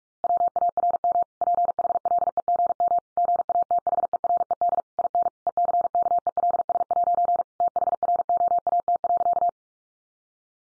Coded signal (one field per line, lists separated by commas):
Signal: Morse code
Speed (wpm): 44 wpm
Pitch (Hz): 700 Hz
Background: none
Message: WARM PHLEGM GATHERED IN ECKELS' THROAT.